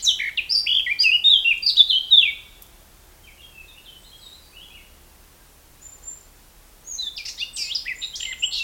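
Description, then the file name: Eurasian blackcap singing a fast, scratchy warble, then softer twittering notes, a short silence and another rapid burst of chattering notes. "Sylvia atricapilla"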